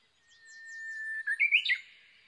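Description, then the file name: Japanese bush warbler song: a long, steady whistled note that breaks into a quick, bright, warbled flourish at the end. Recorded 22 May 2011 at 05:43. "uguisu-20110522-0543"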